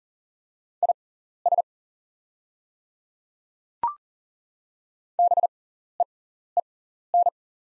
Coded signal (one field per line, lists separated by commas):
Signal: Morse code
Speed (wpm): 37 wpm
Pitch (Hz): 700 Hz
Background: none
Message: IS BEEN